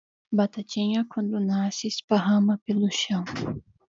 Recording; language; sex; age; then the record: short text; Brazilian Portuguese; female; 20 to 29 years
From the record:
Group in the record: control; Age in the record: 20 years